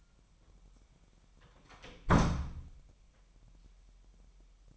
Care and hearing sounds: daily activity, microphone in the room; close door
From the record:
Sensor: 1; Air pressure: 998.5 hPa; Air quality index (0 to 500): 128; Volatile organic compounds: 3 ppm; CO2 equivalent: 1528 ppm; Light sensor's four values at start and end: 20/65/26/27 and 20/64/26/26

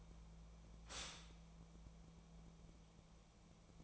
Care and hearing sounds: daily activity, microphone in the room; stop toaster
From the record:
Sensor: 1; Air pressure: 1000.3 hPa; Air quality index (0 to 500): 156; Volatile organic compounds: 3 ppm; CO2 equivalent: 1458 ppm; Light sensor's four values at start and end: 30/76/32/38 and 30/76/32/38

